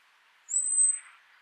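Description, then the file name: Common blackbird giving one thin, very high, drawn-out whistled note that fades away, over faint steady background hiss. "Turdus merula"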